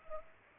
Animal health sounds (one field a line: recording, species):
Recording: mosquito wingbeat signal from an infrared sensor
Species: Culex pipiens